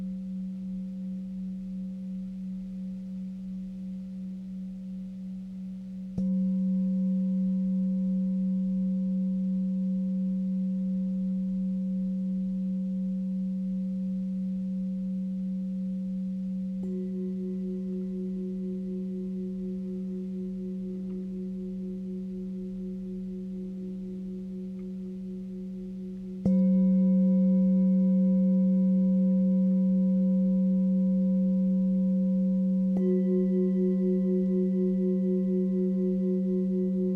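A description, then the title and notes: Himalayan singing bowls ring in long, steady tones, a low hum carrying bright, wavering overtones above. Fresh strikes land around 6, 17, 26 and 33 seconds, each swelling the sound before it fades slowly, with the bowls layering into a sustained drone. Himalayan Singing Bowls. Sound from ethnomusicologist and sound therapist Alexandre Tannous.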